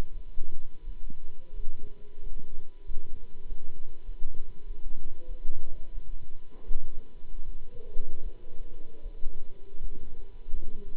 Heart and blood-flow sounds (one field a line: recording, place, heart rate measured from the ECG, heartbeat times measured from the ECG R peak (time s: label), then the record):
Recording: heart sounds by stethoscope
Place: between the tricuspid and mitral areas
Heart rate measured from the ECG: 87 bpm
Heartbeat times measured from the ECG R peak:
0.11 s: heartbeat
0.82 s: heartbeat
1.53 s: heartbeat
2.20 s: heartbeat
2.85 s: heartbeat
3.45 s: heartbeat
4.05 s: heartbeat
4.64 s: heartbeat
5.26 s: heartbeat
5.92 s: heartbeat
6.65 s: heartbeat
7.44 s: heartbeat
8.21 s: heartbeat
9.01 s: heartbeat
9.79 s: heartbeat
10.49 s: heartbeat
From the record:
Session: Bruce protocol treadmill stress test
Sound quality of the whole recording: good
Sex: male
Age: 26 years